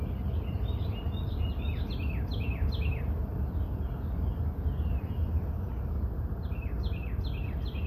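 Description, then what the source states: Small birds giving quick, repeated high chirps and downslurred notes in irregular bursts over a steady low rumble of background noise. Birds singing by a front porch.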